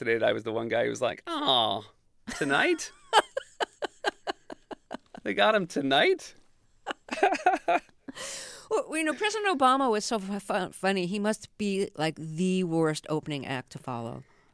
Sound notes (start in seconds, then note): 2.3 laughter; 6.8 laughter